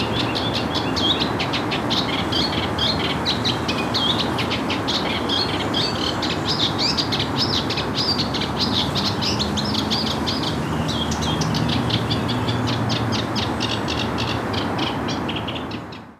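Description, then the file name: Eurasian reed warbler song, a steady stream of rhythmic, chattering, repeated notes running almost the whole time over a constant low rumbling background. "Acrocephalus scirpaceus - Eurasian Reed Warbler"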